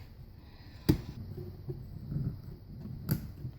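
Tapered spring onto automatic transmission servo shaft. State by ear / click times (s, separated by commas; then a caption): seated / 3.1 s. A tapered-end steel spring is pushed up the servo shaft of a 1955 Oldsmobile Hydra-Matic automatic transmission and into its shoulder, a very tight fit. After a sharp knock at 0.9 s and a faint tick at 1.7 s amid low handling noise, the spring snaps into place with a short, sharp click at 3.1 s, seated on the shaft.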